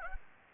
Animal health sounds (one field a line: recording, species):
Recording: mosquito wingbeat signal from an infrared sensor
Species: Anopheles gambiae